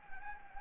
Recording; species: mosquito wingbeat signal from an infrared sensor; Anopheles gambiae